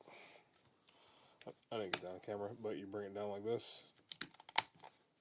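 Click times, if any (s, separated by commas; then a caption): 4.6 s. A plastic shell panel is folded down onto a transforming robot toy while someone talks, with soft rustles and small plastic clicks. The panel snaps down into place with a sharp plastic click at 4.6 seconds, and it is seated.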